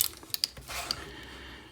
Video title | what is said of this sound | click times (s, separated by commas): Video Review: Transformers Masterpiece MP-44 OPTIMUS PRIME (v3.0) | rotate that panel into his body until it clicks into place | 0.4 s